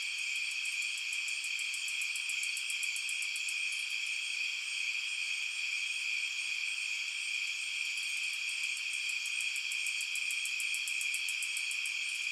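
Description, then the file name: Insects in a dense chorus: several steady, shrill drones layered together, with bursts of rapid high ticking trills near the start and again toward the end. Insects at night. "Blastwave FX Night Insects"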